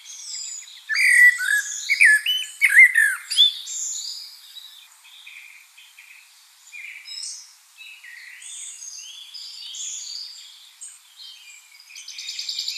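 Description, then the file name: Common blackbird song: a brief mellow warble at first, then a long run of thin, high twittering notes with scattered chirps. "Turdus merula"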